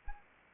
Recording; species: mosquito wingbeat signal from an infrared sensor; Anopheles arabiensis